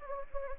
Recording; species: mosquito wingbeat signal from an infrared sensor; Anopheles gambiae